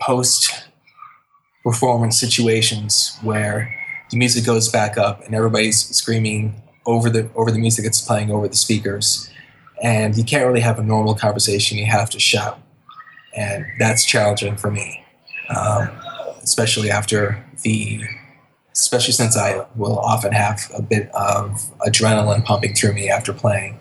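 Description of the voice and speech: Adult male speech with phrase repetitions, stretched sounds and silent blocks: mild stuttering, present since he was 18 months old.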